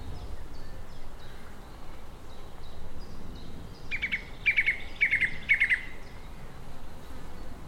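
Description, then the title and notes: Song thrush song: a short chirpy phrase repeated four times, about half a second apart, over a low rumbling background and faint bird notes. Complicated songs from a tree high above the River Thames, rural Oxfordshire, on a hot, close summer's day. "A song thrush sings its complicated songs in a tree high above the River Thames in rural Oxfordshire, captured on a hot, close summer's day. by Cities and Memory"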